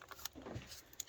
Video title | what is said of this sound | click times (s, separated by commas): how to replace a 2014 Dodge Charger 3.6 oil filter/cooler. (Repair bad oil leak). | your injectors your power for your injector go ahead and get that all snapped back in because | 0.3 s, 1.0 s